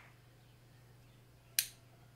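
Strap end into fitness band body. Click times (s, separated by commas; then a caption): 1.6 s. The first end of a Xiaomi Smart Band 8 Pro strap is lined up with the small hole on the band body and pressed in. After quiet background hum, a single sharp click comes at 1.6 s. The strap end is seated in the body.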